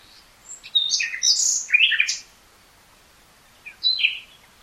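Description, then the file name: Common nightingale song: a burst of varied notes, then a pause and a short chirping phrase. "Luscinia megarhynchos"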